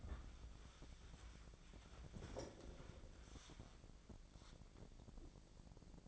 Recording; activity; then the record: daily activity, microphone in the room; wipe stove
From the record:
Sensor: 5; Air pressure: 1012.4 hPa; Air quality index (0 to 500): 161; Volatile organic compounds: 2 ppm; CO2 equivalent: 1096 ppm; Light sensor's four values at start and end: 198/474/201/228 and 196/472/200/224